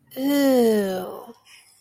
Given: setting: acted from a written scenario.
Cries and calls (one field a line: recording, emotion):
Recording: vocal sound without words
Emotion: disgust